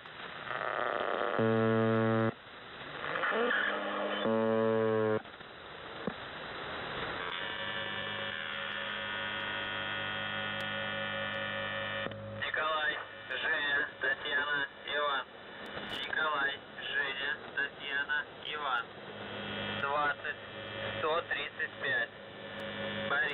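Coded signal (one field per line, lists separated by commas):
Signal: channel marker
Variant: UVB-76 (The Buzzer)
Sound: harsh low buzzes repeating, one long buzz, then a voice reading a message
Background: radio static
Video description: "The Buzzer" is a Russian military radiostation that broadcasts on 4625 kHz.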